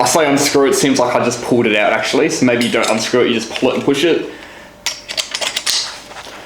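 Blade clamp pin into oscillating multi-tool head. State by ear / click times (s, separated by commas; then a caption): seated / 4.9 s. Someone talks, then pushes the metal blade clamp pin back into the head of an oscillating multi-tool from a Makita 18V combo kit (DLX1057TX1). The pin snaps in with a sharp click at 4.9 s, followed by a few lighter metallic clicks. It locks into place without needing to be screwed.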